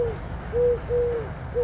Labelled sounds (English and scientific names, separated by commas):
Eurasian Collared Dove (Streptopelia decaocto)